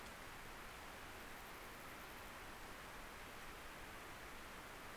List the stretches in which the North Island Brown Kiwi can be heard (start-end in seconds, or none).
none